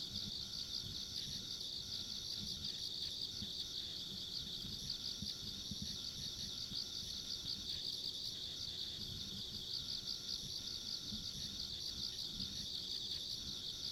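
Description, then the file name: Insects calling together in a constant, high, rapidly pulsing trill, with gentle low-frequency rumble throughout. Ambient sound of insects along a rural country road. "田舎道の虫の環境音"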